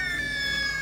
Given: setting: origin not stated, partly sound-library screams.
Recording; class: one-second piece from a danger detection set; woman in danger